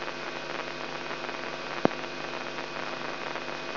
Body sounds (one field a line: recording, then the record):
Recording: brain microelectrode recording played as sound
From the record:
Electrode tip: inside the subthalamic nucleus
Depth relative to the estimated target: -3 mm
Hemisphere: right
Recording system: AlphaMap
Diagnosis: Parkinson's disease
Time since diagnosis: 16 years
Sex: male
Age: 67 years